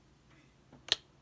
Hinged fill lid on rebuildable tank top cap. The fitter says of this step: uh when you open it it clicks it has this clicking